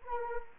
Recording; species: mosquito wingbeat signal from an infrared sensor; Anopheles arabiensis